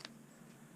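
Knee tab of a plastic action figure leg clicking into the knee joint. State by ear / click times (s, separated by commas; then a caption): seated / 0.1 s. A plastic transforming action figure's double-jointed knee is pulled out, and an internal tab clicks into the knee joint with a single short, bright click at 0.1 s. After that only a low steady hum remains. The click is quieter than the one on the first side, but the tab is seated.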